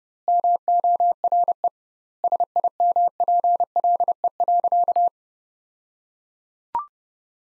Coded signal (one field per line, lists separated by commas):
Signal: Morse code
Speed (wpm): 30 wpm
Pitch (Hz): 700 Hz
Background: none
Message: MORE SIMPLE.